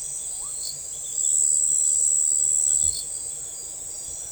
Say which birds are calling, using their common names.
none